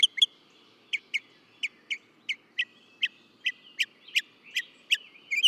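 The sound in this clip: Northern mockingbird song: crisp, high chip notes, some given in pairs, repeated in a steady series.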